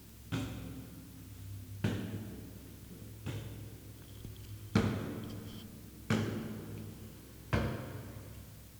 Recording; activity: daily activity, guitar pickup as the sensor; go upstairs